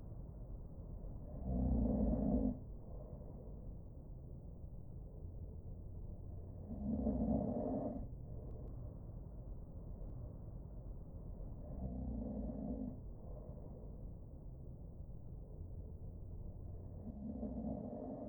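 Low-pitched, muffled snoring from an adult sleeper, heard as through soundproofing: a slow, fairly regular rhythm of about one snore every five seconds, with nothing above about 2 kHz.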